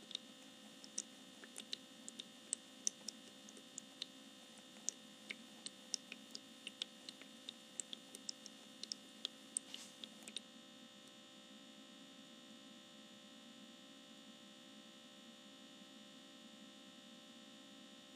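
An essential oil diffuser runs with a steady, even hum and several faint, constant tones beneath it. For the first ten seconds, sharp little ticks and clicks pop up irregularly, then they stop and only the smooth hum carries on.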